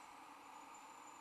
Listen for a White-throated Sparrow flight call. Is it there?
no